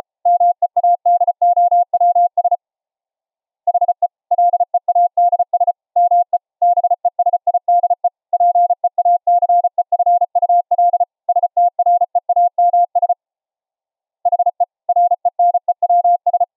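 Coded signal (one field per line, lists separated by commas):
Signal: Morse code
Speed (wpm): 34 wpm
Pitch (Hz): 700 Hz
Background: none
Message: MEADOWS HE LEADS ME BESIDE PEACEFUL STREAMS HE RENEWS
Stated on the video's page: 700 Hz ELF CW from a nearby transmitter, received 10 feet away on a resonance-tuned ferrite rod and bobbin-core antenna into headphones; full volume, no background noise.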